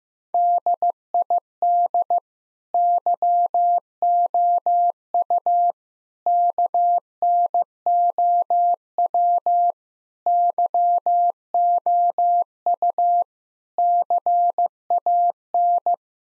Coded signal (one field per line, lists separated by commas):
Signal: Morse code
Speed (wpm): 15 wpm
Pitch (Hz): 700 Hz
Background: none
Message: DID YOU KNOW YOU CAN